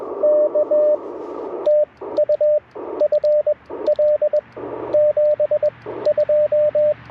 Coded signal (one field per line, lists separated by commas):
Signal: Morse code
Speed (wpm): 20 wpm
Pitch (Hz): 590 Hz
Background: radio noise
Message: K TU FL 72